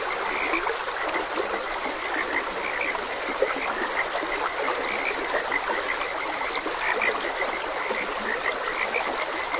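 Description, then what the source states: Frogs croaking in a dense chorus, many short overlapping chirps, under the steady rushing hiss of flowing water. Frogs croaking beside a gentle stream.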